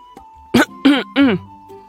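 Two people, the characters Zhan Zhao and Bai Yutang, cough together in three loud, voiced bursts spaced about a third of a second apart, each rough and throaty like a forced clearing of the throat, with no talking.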